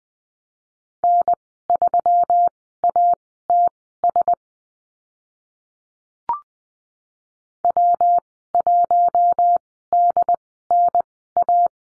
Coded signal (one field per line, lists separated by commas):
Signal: Morse code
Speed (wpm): 20 wpm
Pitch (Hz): 700 Hz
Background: none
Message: N3ATS W1DNA